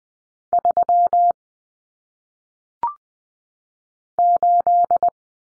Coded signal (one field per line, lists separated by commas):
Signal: Morse code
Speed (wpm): 20 wpm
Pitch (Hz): 700 Hz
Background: none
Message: 3 8